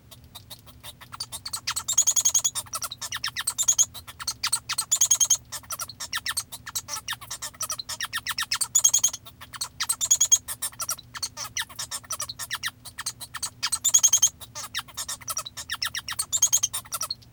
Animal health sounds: song of a male Bengalese finch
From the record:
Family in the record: father 1

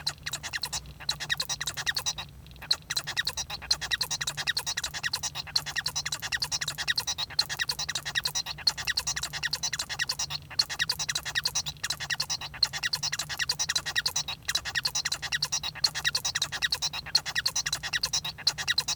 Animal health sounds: song of a male Bengalese finch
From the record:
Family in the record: son of father 1

